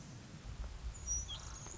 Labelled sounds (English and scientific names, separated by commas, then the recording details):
Anna's Hummingbird (Calypte anna)
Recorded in Sonoma County, California